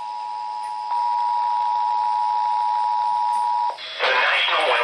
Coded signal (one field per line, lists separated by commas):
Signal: Emergency Alert System (SAME) tones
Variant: 853 and 960 Hz attention tone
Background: speech